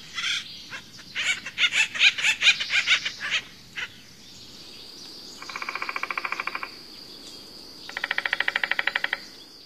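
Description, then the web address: Acorn woodpecker uttering a quick string of harsh raspy calls, then two rapid even rattling bursts, with a faint steady high tone behind. "Songs of Birds of North America Stokes. Acorn Woodpecker"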